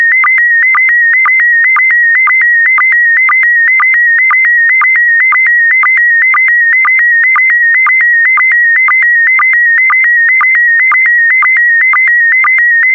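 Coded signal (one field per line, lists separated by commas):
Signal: SSTV (slow-scan television)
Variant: PD120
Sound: steady warbling tone near 2 kHz with short low blips twice a second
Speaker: get ready starting transmission in 5 4 3 2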